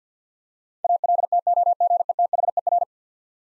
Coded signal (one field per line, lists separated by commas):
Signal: Morse code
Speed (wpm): 50 wpm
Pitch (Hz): 700 Hz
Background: none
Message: ALTOGETHER